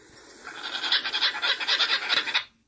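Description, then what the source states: Laughing Kookaburra call: a rapid run of loud, cackling, chuckling notes for about two seconds, then an abrupt stop. Australian bird; call used in many films to suggest a jungle.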